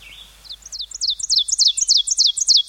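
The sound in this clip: Ovenbird song, a rapid chant of bright, high double notes, growing louder at first and then holding steady.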